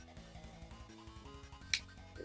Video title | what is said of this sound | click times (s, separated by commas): Nintendo Switch Unboxing and Impressions!!! | is that satisfying click sound there | 1.7 s